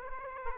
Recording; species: mosquito wingbeat signal from an infrared sensor; Aedes aegypti